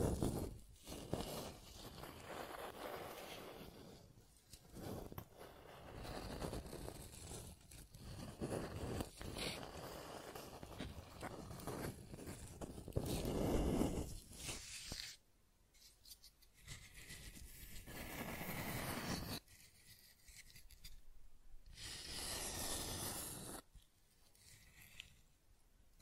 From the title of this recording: Scratching and Tracing Sounds